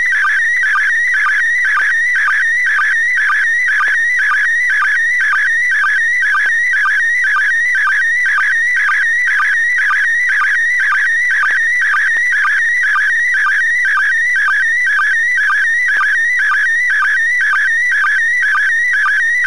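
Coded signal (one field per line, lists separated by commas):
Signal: SSTV (slow-scan television)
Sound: warbling tone sweeping up and down, with a steady ticking sync chirp about twice a second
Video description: Λήψη SSTV από τον διεθνή διαστημικό σταθμό (ISS) στα 2m (145.800)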